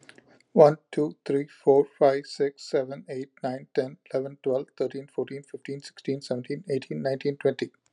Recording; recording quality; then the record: counting at a fast pace; excellent, no background noise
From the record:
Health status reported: exposed to COVID-19, no respiratory illness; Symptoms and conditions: hypertension, diabetes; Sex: male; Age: 49 years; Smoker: not ticked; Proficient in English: yes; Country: United States